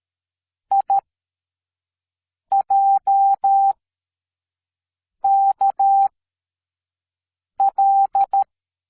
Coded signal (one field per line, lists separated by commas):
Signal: Morse code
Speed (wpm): 13 wpm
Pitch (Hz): 790 Hz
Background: none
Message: I J K L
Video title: Morse code Sound Effect